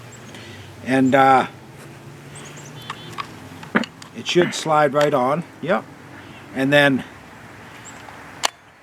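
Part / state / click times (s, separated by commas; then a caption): battery pack into cordless mini chainsaw / seated / 8.4 s. A battery pack is slid onto the rails of a cordless Saker mini chainsaw while someone talks, with small handling taps around 2.9–3.8 s. It is pushed until the latch clicks, giving one sharp snap at 8.5 s as the pack seats.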